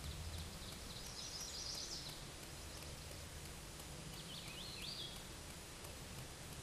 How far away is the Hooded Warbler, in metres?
about 35 m